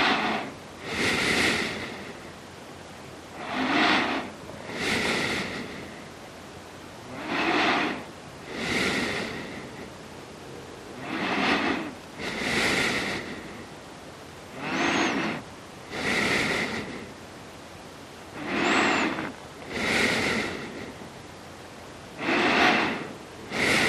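Slow, regular breathing, each inhale and exhale a soft airy rush about two seconds long, with short quiet gaps between. The breaths come in steady pairs roughly every four seconds, breathy. A faint hiss fills the pauses.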